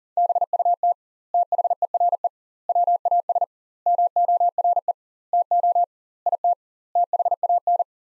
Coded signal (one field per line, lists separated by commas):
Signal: Morse code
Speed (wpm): 40 wpm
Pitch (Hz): 700 Hz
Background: none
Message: BUT THERE WAS MORE TO IT THAN